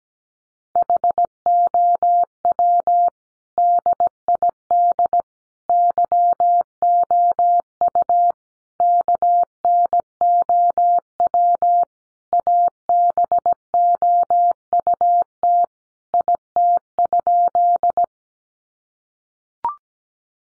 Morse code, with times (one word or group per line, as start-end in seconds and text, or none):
0.8-3.1 HOW
3.6-5.2 DID
5.7-8.3 YOU
8.8-11.8 KNOW
12.3-15.6 ABOUT
16.1-18.0 IT?